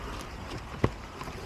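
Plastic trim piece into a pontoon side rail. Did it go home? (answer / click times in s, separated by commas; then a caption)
no / none. A black plastic trim piece is handled and pushed toward the side rail of a tornado-damaged Sea-Doo Switch pontoon being rebuilt. Over steady wind-like background noise, one brief sharp knock sounds at about 0.8 s. Nothing has seated or clicked yet, and the piece is not locked in.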